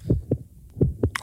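Two steady lub-dub heartbeats from an adult heart, roughly 85 a minute, with clear paired low thumps.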